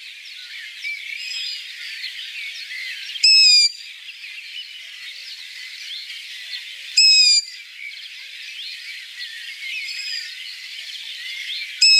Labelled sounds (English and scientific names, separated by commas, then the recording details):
Long-eared Owl (Asio otus) song
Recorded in the wild
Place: NSG Taubergießen / Reg.-Präs. Freiburg im Breisgau, Baden-Württemberg, DE
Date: 1975-05-18
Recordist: Schwarz, Dieter